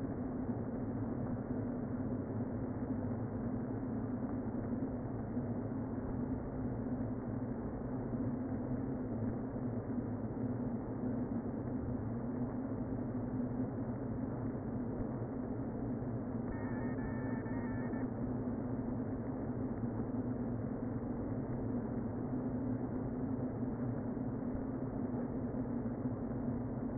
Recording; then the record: honeybee colony, microphone inside the hive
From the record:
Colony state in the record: queen present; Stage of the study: before two queens were removed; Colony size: about 60,000 bees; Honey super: yes